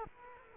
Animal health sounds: mosquito wingbeat signal from an infrared sensor; Culex quinquefasciatus

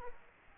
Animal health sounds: mosquito wingbeat signal from an infrared sensor; Aedes aegypti

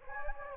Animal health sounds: mosquito wingbeat signal from an infrared sensor; Anopheles gambiae

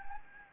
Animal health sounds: mosquito wingbeat signal from an infrared sensor; Anopheles gambiae

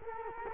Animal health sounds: mosquito wingbeat signal from an infrared sensor; Culex quinquefasciatus

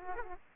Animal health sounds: mosquito wingbeat signal from an infrared sensor; Aedes aegypti

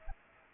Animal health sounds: mosquito wingbeat signal from an infrared sensor; Aedes aegypti

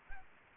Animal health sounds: mosquito wingbeat signal from an infrared sensor; Aedes aegypti

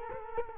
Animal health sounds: mosquito wingbeat signal from an infrared sensor; Culex quinquefasciatus

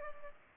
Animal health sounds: mosquito wingbeat signal from an infrared sensor; Culex pipiens

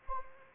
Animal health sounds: mosquito wingbeat signal from an infrared sensor; Anopheles arabiensis

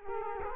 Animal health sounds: mosquito wingbeat signal from an infrared sensor; Culex quinquefasciatus

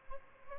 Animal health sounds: mosquito wingbeat signal from an infrared sensor; Aedes albopictus

